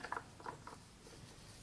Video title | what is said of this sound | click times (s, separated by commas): XM Studios MAGNETO - 1/4 scale Marvel Comic Statue - Step by Step assembly - Adult Collector | you can get them locked into place so they'll basically go into place like that so you'll have something | 0.1 s